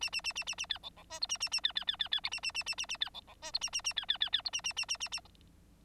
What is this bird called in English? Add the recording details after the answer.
Bengalese Finch. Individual Bird9